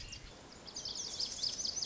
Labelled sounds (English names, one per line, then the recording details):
Lazuli Bunting
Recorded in Sonoma County, California